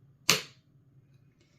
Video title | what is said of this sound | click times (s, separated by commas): Bissell Powerforce Compact Turbo Vacuum – How To Remove, Clean, & Install Dirt Tank & Filter | Okay. So, that was the click. | 0.3 s